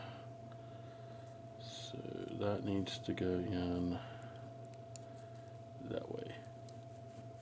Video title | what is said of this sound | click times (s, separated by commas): 1994 Saab 9000 Project Part 10 | it should click in. That one did not lock. | none